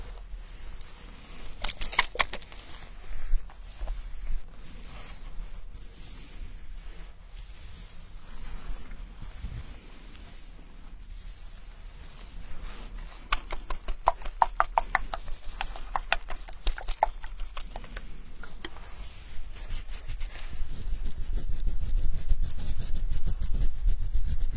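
Hair washing and scalp massage: soft rubbing and scratching broken by quick bursts of sharp crackles and taps, near the start and again around fifteen seconds. From about twenty seconds a dense, steady crackle takes over, louder, with a low rumble underneath.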